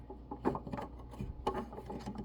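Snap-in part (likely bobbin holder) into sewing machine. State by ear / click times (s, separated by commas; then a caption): not seated / none. Someone presses a snap-in part of a sewing machine, likely the bobbin holder, trying to push it back into place, with rubbing, scraping and light tapping sounds and one sharp knock at about 1.5 s. The part does not go back on, and nothing has seated or clicked yet.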